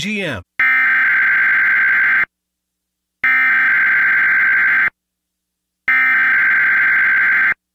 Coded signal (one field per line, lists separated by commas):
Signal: Emergency Alert System (SAME) tones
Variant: header bursts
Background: speech